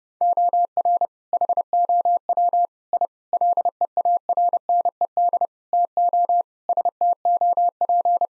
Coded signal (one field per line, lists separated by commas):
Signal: Morse code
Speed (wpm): 30 wpm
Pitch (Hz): 700 Hz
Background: none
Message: OR HOW I LEARNED TO STOP